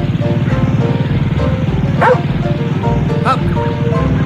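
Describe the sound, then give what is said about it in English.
A dog, Rover, barks and yips excitedly in quick, high bursts over the loud, steady droning rumble of a new garden power mower mowing a lawn in Altadena, with a couple of sharp rising yelps standing out. “Take that dog away. Take that dog out of the way. He'll get run down by the mower.”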